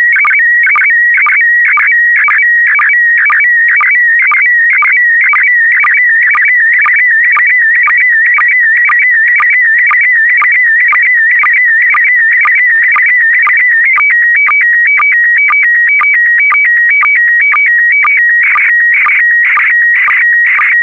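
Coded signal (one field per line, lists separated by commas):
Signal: SSTV (slow-scan television)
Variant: PD120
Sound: warbling tone hopping between two high pitches, with short low chirps twice a second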